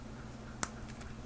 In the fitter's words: so if you heard that that is the latch